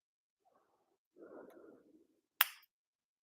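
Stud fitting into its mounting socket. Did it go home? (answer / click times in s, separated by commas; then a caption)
yes / 2.4 s. A stud-mounted fitting on a limo project is pushed onto its mounting socket, with no button press needed; the button releases it. Faint rustling and then a stretch of low handling noise lead up to a single sharp click at 2.4 s as the fitting locks into place. It is seated, though it swivels a little and the stud portion seems a bit short.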